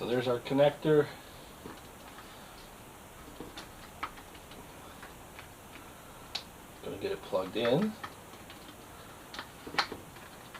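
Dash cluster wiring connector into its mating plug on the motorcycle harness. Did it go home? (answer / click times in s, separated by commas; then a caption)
yes / 9.8 s. Someone talks, then the dash cluster wiring connector on a Suzuki GSX-S 1000F, with the cluster sitting on top of the front stay bracket, is pushed together by hand into its mating plug on the motorcycle harness. Faint handling ticks come through during the quiet stretch, followed by more talk. A sharp click at 9.8 s marks the connector latching, and it is seated.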